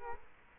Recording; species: mosquito wingbeat signal from an infrared sensor; Culex quinquefasciatus